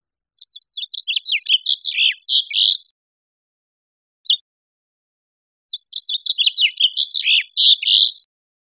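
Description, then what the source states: House finch song, a long jumbled warble of bright chirpy notes, sung twice with a single short note between phrases. Recorded in Costa Rica.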